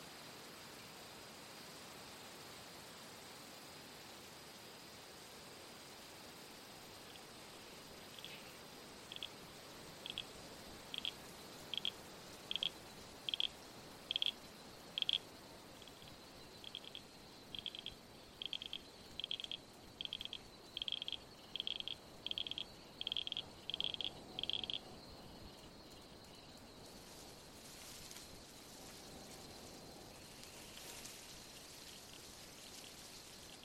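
A soft breeze hisses steadily through the bush. From about eight to twenty-five seconds a creature calls in a regular series of short, bright chirps, roughly two per second with a brief pause midway. Near the end a hazy, airy swell rises and fades.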